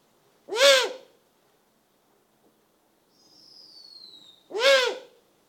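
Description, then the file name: Eurasian eagle-owl giving two loud, rasping, hoarse calls about four seconds apart, with a thin descending whistle between them in near silence. Recorded close. "Digiffects Sound Effects Library - Close Eagle Owl"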